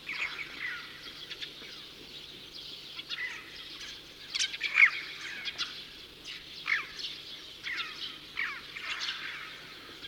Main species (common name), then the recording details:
Red-billed Chough. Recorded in the wild. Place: Chudjirt, MN. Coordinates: 47.013, 102.255. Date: 1979-06-06. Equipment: Nagra III BH, Sennheiser MD 21, parabola. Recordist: Schubert, Michael